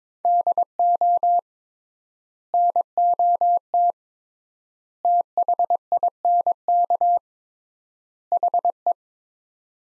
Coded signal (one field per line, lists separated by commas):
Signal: Morse code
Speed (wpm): 21 wpm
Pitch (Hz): 700 Hz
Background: none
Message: DO NOT THINK HE